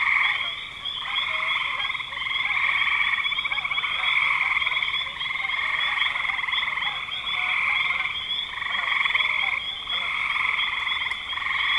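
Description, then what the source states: Frog chorus of many overlapping trilling calls, a constant rattling drone that swells and eases slightly over the whole stretch. Frogs recorded in spring 2025.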